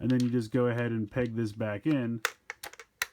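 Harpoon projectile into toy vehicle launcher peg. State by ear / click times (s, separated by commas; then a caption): seated / 3.0 s. Someone talks, then a few small plastic ticks are heard as the plastic harpoon grapple on the winch of a Masters of the Universe Origins Wind Raider toy vehicle is pushed back into its launcher peg mount. It clicks into place at 3.0 s, and the harpoon is seated.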